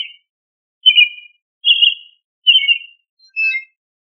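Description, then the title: Thrush giving several whistled phrases, nearly one per second, the last softer and more broken; nothing else heard. "Familia Turdidae - Sabia"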